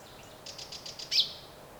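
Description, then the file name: Common chaffinch call: a short sharp high note preceded by a faint run of quick soft ticking notes, with low background hiss. "Fringilla coelebs"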